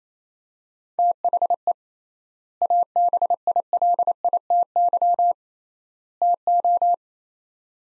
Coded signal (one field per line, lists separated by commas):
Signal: Morse code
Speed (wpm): 28 wpm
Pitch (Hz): 700 Hz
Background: none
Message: THE ABILITY TO